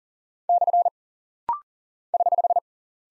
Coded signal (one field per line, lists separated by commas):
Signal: Morse code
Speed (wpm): 39 wpm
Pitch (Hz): 700 Hz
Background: none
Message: / <HH>